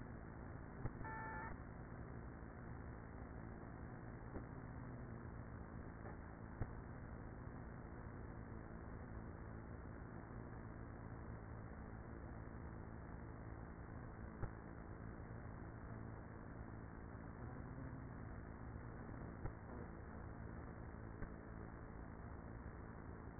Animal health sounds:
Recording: honeybee colony, microphone inside the hive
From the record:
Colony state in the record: queenless with a low population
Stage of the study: after two queens were removed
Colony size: about 30,000 bees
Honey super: no

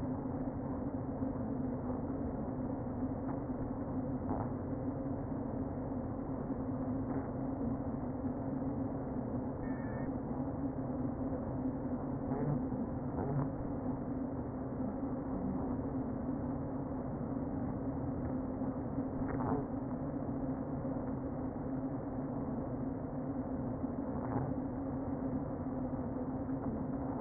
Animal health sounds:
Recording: honeybee colony, microphone inside the hive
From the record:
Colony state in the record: queen present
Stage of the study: before two queens were removed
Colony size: about 60,000 bees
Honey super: yes

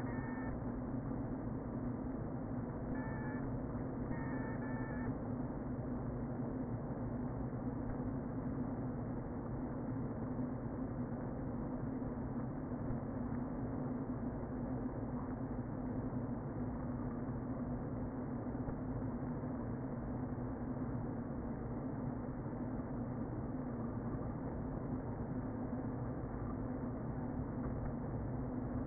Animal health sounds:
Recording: honeybee colony, microphone inside the hive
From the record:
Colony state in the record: queen present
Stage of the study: before two queens were removed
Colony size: about 60,000 bees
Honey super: yes

